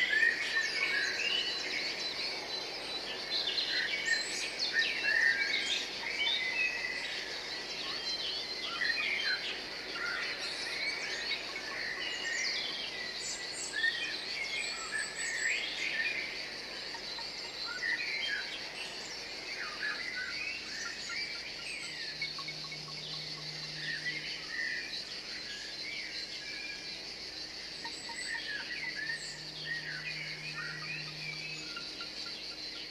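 Many birds chirp and call throughout, their tweets scattered densely across the whole clip. A steady, high insect-like hiss runs underneath without a break. Around 22 and 29 seconds, a low, even hum rises briefly and then fades.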